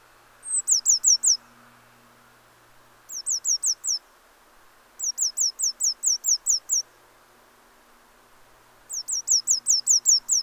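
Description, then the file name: Eurasian blue tit giving repeated bursts of high, quick downslurred notes, four phrases of several notes with short gaps. "Cyanistes caeruleus"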